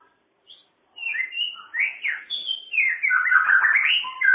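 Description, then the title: Bird singing a continuous warbling stream of varied whistles, slurs and chatters that starts after a brief single note and runs without a break. Complete masteran bird song, a training song for cage birds. "Kicau Burung Masteran Lengkap"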